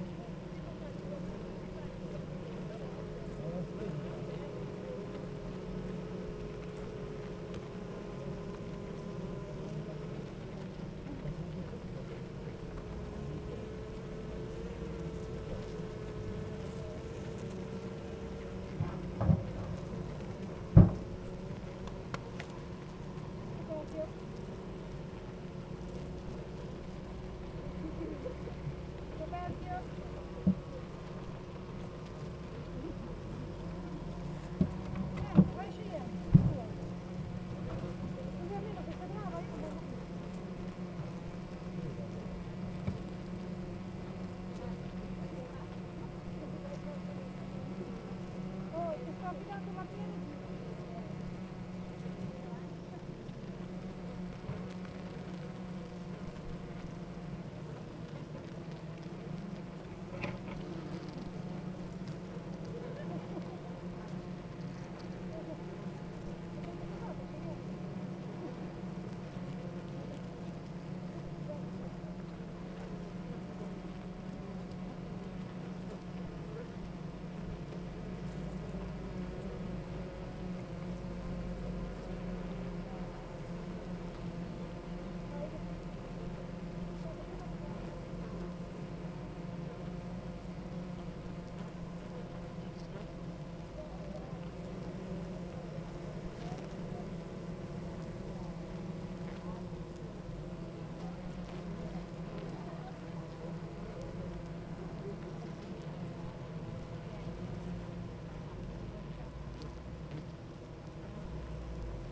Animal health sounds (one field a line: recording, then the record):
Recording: honeybee colony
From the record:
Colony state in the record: active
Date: 28 July 2017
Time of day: 8:41